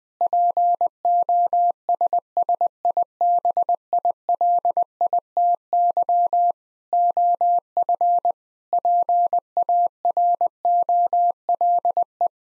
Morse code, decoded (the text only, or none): POSSIBILITY OF PAROLE